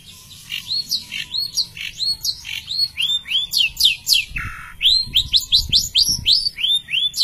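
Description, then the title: Long-tailed shrike song: a steady run of short, bright rising chirps, about three a second, repeated without pause over faint low background hum. "Cendet"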